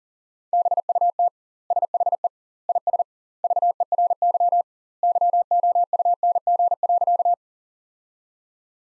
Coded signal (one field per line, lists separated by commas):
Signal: Morse code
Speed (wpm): 40 wpm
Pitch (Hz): 700 Hz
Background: none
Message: BUT SHE IS VERY YOUNG.